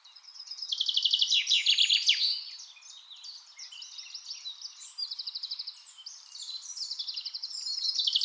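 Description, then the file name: Common chaffinch song: a loud dense phrase of fast notes early on, then softer repeated trills returning every couple of seconds. "Fringilla coelebs"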